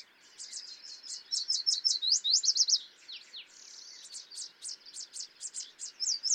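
Yellow warbler song: quick runs of high, sweet slurred notes.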